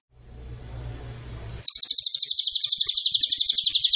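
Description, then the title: Cililin producing a sudden high, rapid rattle of sharp repeated notes after a second of low hum and noise. Lure recording (pancingan) and master recording of the Cililin. "MASTERAN SUARA BURUNG CILILIN BISA JUGA PANCINGAN CILILIN"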